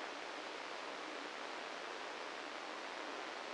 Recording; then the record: brain microelectrode recording played as sound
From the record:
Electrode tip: inside the subthalamic nucleus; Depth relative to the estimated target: -3 mm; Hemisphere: left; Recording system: NeuroSet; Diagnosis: Parkinson's disease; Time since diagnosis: 13 years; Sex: male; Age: 65 years